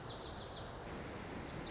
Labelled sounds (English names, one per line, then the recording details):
Lazuli Bunting
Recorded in Sonoma County, California